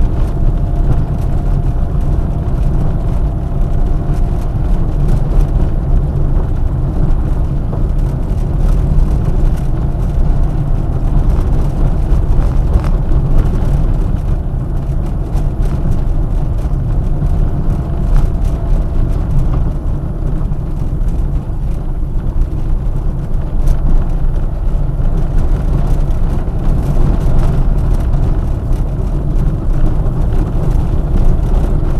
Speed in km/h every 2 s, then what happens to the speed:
25, 27, 29, 27, 28, 28, 28, 28, 27, 23, 22, 23, 29, 30, 26, 28.
0-14 steady at about 28. 14-20 slows to 22. 20-25 speeds up to 30. 25-32 steady at about 28.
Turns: none.